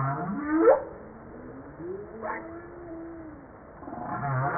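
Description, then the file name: Humpback whale song units: a rising whoop, a drawn-out level moan, and a low harmonic groan at the end. Recorded 5 March 1994. "Baleine a bosse 940305-1022"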